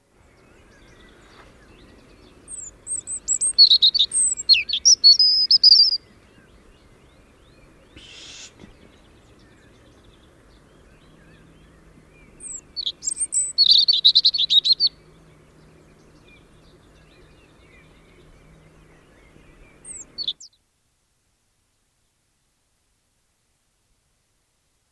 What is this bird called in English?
European Robin